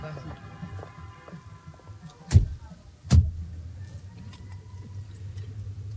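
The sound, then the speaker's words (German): Two heavy thuds of car doors slamming shut, less than a second apart, as people get into a car, over a faint background murmur, followed by a low steady rumble as they settle into the car. “Kommt, wir setzen uns in mein Auto, da können wir besser reden.”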